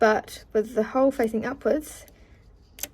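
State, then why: Seated. A loaded bobbin case, hole facing upwards, is pushed onto the hook under the table of an industrial sewing machine so it won't move around. Someone talks, then two sharp ticks come at 2.8 s and 2.8 s as the bobbin case clicks into place and is seated.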